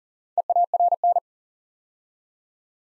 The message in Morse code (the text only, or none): EARN